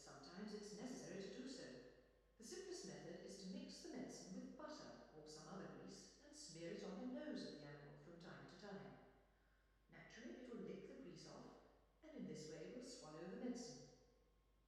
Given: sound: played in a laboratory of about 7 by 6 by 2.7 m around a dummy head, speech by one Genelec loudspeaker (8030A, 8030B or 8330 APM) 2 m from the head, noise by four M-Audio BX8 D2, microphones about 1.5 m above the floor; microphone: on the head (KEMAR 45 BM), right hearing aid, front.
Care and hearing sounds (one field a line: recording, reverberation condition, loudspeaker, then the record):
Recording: female speech in English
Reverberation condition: high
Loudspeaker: 90 degrees to the left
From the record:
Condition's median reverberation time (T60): about 1300 ms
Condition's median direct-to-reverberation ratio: about -4.0 dB